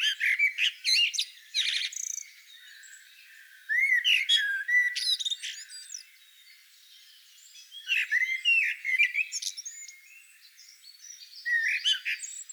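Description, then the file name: Eurasian blackbird making bursts of high scratchy twitters and squeaks, grouped in four main outbursts separated by quieter gaps of a few seconds. "Turdus merula"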